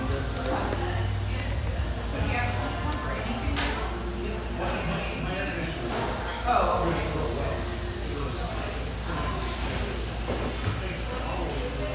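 Lively chatter fills a tea room, many voices overlapping in a steady murmur with a low hum beneath and a brief clink near six seconds.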